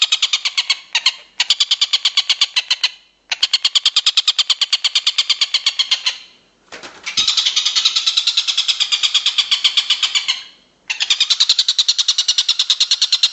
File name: tengkek buto om andri